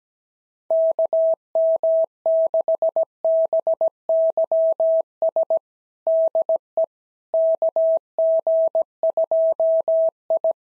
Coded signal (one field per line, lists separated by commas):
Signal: Morse code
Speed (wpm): 16 wpm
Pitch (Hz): 650 Hz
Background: none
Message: KM6BYS DE KG2I